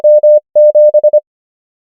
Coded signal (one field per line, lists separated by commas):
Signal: Morse code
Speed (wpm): 25 wpm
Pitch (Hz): 600 Hz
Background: none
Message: M 7